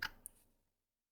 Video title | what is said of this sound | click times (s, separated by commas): Joel's Korbanth DV6 v3 Darth Vader Neopixel Lightsaber with Proffie | Just take your time. It goes in tight. You'll hear it click, and then turn it clockwise to lock it in. | 0.0 s, 0.3 s